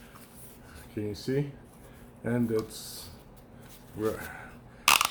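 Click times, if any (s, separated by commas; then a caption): 4.9 s. Someone talks as the small locking switch on a plastic Garmin Friction Mount 010-10908-02 GPS friction mount is flipped. A sharp click lands at 4.9 s, followed by a few smaller rattles. The switch is released, so the mount is no longer locked and can be turned.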